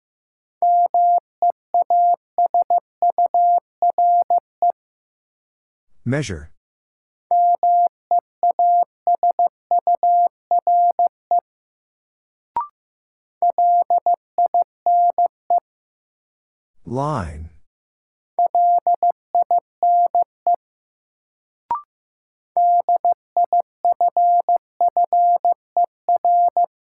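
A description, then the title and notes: A word is sent in Morse code as steady beeps on a single mid-pitched tone, in groups of short and long pulses separated by silent gaps. Two sweeping whooshes break in around six and seventeen seconds, and a faint click marks two other pauses. First, the word is sent in Morse code. 15wpm.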